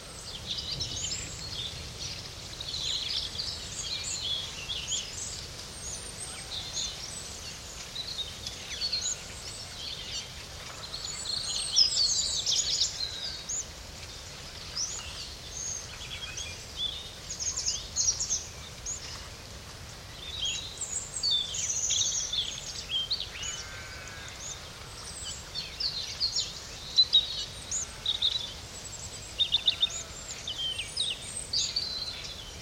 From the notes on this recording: Sounds of a natural classified area in central Portugal. Tranquility, water, wind.